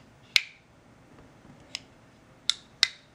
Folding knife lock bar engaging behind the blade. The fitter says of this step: see that little click compared to